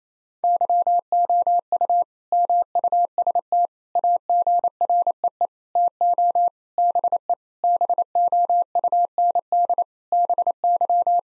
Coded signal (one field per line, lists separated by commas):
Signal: Morse code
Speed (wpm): 28 wpm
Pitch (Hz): 700 Hz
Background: none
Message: YOU MUST AGREE TO BE BOUND BY